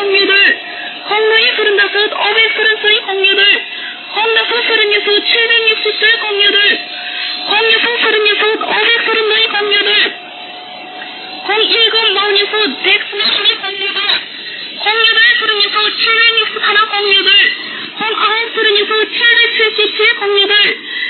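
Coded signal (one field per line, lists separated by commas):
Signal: numbers station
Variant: V28, Korean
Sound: a male voice reading Korean numbers steadily over a narrowband AM channel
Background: radio static, steady hum tone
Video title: V28 North Korean Numbers Station "The Parrot" 3266.9kHz GMT 2017-04-04 10:35~10:40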